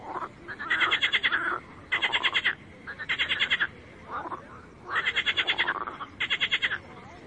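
Frogs giving loud pulsed, rattling calls in bursts of about half a second to a second.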